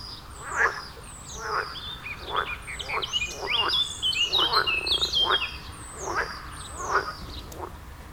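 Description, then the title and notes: Frog chorus, rasping croaks roughly every second, while birds twitter and chirp high above in the middle stretch. Frog chorus at the village pond in Wohlsborn, Germany; recorded with a TASCAM DR-40X. "Wohlsborn, Deutschland - Froschkonzert. Frog concert. Froschkonzert am Dorfteich in Wohlsborn"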